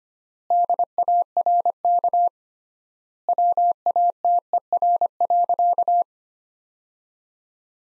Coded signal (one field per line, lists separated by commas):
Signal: Morse code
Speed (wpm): 25 wpm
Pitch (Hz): 700 Hz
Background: none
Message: DARK WATER.